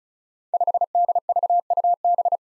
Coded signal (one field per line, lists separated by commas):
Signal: Morse code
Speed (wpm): 36 wpm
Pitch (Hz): 700 Hz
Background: none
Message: 5DVUB